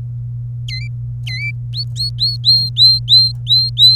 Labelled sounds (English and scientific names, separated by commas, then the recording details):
Domestic Canary (Serinus canaria) song
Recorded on 26 April 2018 at 16:45
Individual llb3